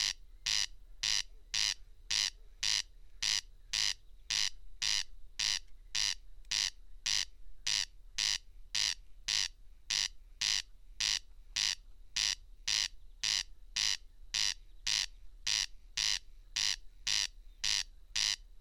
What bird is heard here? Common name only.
Corn Crake